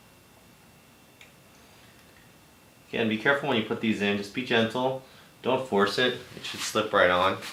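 A 4-pin motor cable connector is pushed into the stepper motor socket of a Creality CR-10 3D printer, giving a single faint click at 1.2 s as it seats. After a quiet pause, someone talks for the rest of the clip.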